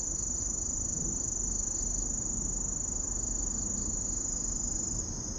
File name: kusahibari